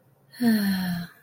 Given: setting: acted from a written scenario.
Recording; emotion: vocal sound without words; serenity